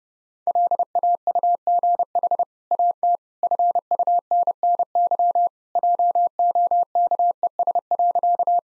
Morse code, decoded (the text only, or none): LAUGH AT FUNNY JOKES.